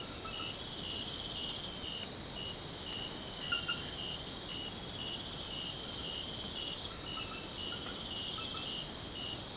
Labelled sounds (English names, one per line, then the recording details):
none
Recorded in secondary vegetation near Puerto Asís, Putumayo, Colombia, on 30 June 2025 at 22:00
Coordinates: 0.500, -76.326
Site GP08